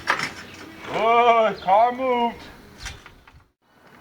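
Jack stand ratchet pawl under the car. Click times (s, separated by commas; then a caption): 0.1 s. A 2002 Honda CR-V, up for a passenger-side sway bar link repair, is lowered gently onto a jack stand, and the stand's ratchet pawl under the car engages with a sharp metallic click at 0.1 s. Someone then talks, followed by a few faint knocks, and the stand is seated.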